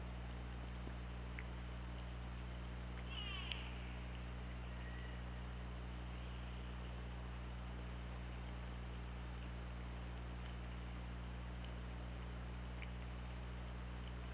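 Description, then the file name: Killer whale pulsed call: one short, harmonic-rich upward-sweeping burst, then a brief thin whistle, over steady low underwater hum and hiss. Recorded on the OrcaLab hydrophone, 24 August 2017 at 18:56. "Orca Lab UTLN JASON 20170824 185625"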